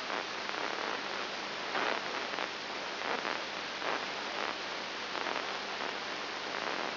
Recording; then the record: brain microelectrode recording played as sound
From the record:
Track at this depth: inside the subthalamic nucleus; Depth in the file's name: 3.302 mm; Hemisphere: left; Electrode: 3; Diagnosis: Parkinson's disease